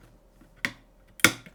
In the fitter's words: clicks in place